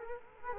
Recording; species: mosquito wingbeat signal from an infrared sensor; Culex quinquefasciatus